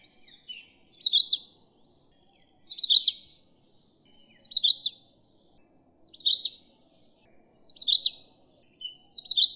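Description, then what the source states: Oriental magpie-robin giving six similar quick, high whistled phrases with sharp up-and-down sweeps, repeated every one and a half to two seconds, with only a few faint short notes in the gaps. Indian form of the bird.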